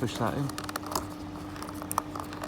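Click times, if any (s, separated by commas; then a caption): none. Someone talks while an electrical wiring plug is lined up and pushed into the seatbelt extender motor of a Mercedes E-Class W207 Cabriolet, with a few brief handling ticks around 1.0 s and 1.9–2.0 s. The connector has not clicked or seated yet when the clip ends.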